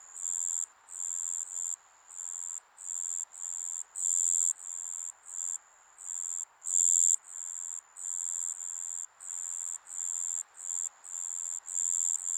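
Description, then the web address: Insects produce a high buzzing trill that keeps pulsing in short loud bursts with quick gaps, over a steady background drone. Japanese summer insect ambience. "Sound Effects-Foundation 1 AMBIENCE JAPANESE SUMMER INSECTS 03"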